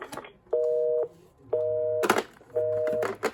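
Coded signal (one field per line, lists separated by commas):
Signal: telephone call progress tone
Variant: North America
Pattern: busy tone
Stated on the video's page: Call progress tone heard on a Uniden Loud & Clear CEZAI2998 desktop cordless phone.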